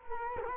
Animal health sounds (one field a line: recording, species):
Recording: mosquito wingbeat signal from an infrared sensor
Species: Culex quinquefasciatus